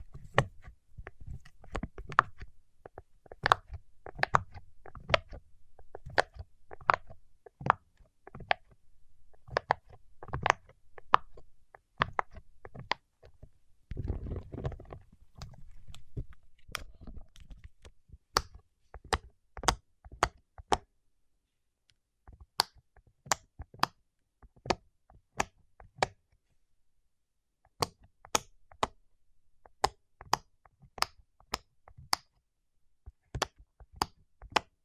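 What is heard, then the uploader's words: Waxed fingertips make sharp, dry clicks and snaps, dense and irregular for the first twenty seconds, with a brief low rumbling thud around fourteen seconds. After a short silence, the clicks return sparser and more spaced out, in small clusters until the end. ASMR with Wax Fingertips for Sleep (No Talking).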